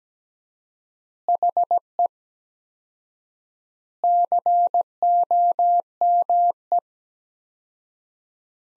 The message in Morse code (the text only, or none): HE COME